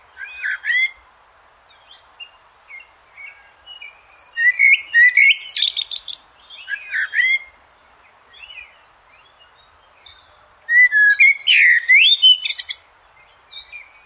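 Eurasian blackbird song: mellow fluted phrases mixed with high squeaky twitters, in three loud bursts separated by quieter passages.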